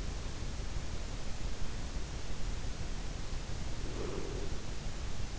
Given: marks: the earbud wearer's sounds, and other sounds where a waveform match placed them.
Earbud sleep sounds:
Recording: sounds in sleep by an in-ear microphone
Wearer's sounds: breath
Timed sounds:
3.60-4.80 s: breath

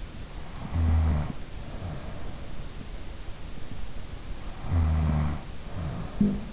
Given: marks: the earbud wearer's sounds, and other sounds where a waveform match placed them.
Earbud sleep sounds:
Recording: sounds in sleep by an in-ear microphone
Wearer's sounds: snoring breath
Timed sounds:
0.61-2.86 s: snoring breath
4.60-6.53 s: snoring breath

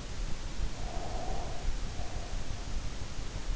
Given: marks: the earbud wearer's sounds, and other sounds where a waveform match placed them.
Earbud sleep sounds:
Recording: sounds in sleep by an in-ear microphone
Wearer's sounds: breath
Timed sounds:
0.80-3.11 s: breath

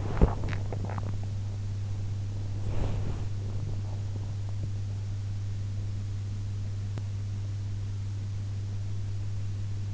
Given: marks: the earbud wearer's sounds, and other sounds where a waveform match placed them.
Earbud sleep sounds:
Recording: sounds in sleep by an in-ear microphone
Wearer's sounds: body movement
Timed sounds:
0.00-1.46 s: body movement
2.63-3.88 s: body movement

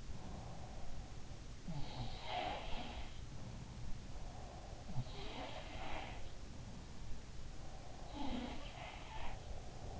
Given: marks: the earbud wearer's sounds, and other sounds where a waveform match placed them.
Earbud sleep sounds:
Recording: sounds in sleep by an in-ear microphone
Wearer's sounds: breath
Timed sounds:
0.00-2.30 s: breath
1.44-4.15 s: sound from someone else or the room
4.15-5.11 s: breath
4.78-7.51 s: sound from someone else or the room
7.51-8.46 s: breath
8.00-9.99 s: sound from someone else or the room

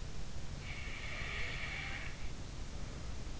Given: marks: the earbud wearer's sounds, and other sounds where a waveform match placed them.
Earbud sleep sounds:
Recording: sounds in sleep by an in-ear microphone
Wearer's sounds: snoring breath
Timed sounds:
0.75-3.23 s: snoring breath

